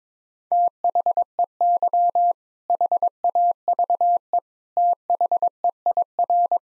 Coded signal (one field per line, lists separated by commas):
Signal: Morse code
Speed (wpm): 22 wpm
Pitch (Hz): 700 Hz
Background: none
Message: THEY HAVE THEIR